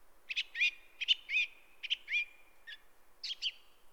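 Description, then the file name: Song thrush repeating a short sharp doubled phrase three times, then brief varied notes, over soft background hiss. "grive musicienne"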